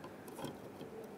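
A new rear wiper blade's plastic pivot pin is being handled and pushed toward the cutout on the metal wiper arm of a 2007–2015 Mazda CX-9. Faint plastic ticks and handling rustle are heard, with a brief tick at 0.3 s. The pivot has not yet clicked into the arm, and nothing has seated.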